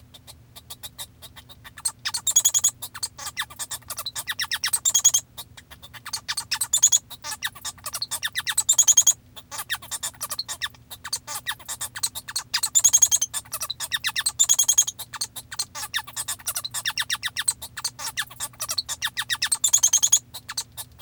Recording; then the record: song of a male Bengalese finch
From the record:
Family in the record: father 1